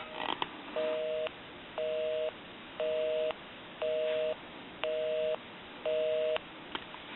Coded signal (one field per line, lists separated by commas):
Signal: telephone call progress tone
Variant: North America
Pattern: busy tone